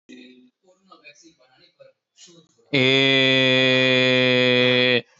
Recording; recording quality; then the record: sustained vowel as in made; excellent, no background noise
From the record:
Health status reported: healthy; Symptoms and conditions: none ticked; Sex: male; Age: 34 years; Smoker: not ticked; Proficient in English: yes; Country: India